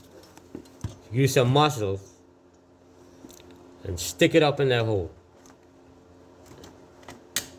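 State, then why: Seated. A fuel injector for a Nissan Sentra, with its metal and plastic retainer clip already fitted, is pushed firmly up into the fuel rail bore until the clip's tab locks into the rail cutouts. Someone talks over faint taps and handling noises, then a sharp, loud hit at 7.4 s marks the injector locking into place on the rail.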